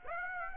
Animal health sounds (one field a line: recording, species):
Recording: mosquito wingbeat signal from an infrared sensor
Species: Aedes aegypti